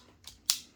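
A CRKT Provoke folding karambit is deployed, and its locking bar snaps into the shelf, locking the blade open. A softer tick at 0.3 s is followed by a sharp, bright metallic click at 0.5 s that decays quickly, confirming the lock is seated.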